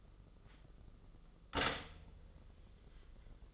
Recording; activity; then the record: daily activity, microphone in the room; stop toaster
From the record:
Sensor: 4